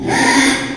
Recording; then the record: squeal of a Yucatan mini pig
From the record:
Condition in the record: after surgery on the right vocal fold (resection and tissue-engineered implant); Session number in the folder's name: 3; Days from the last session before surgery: 33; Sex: male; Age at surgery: 12 weeks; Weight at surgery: 13 kg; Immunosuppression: cyclosporine, prednisolone